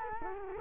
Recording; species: mosquito wingbeat signal from an infrared sensor; Culex quinquefasciatus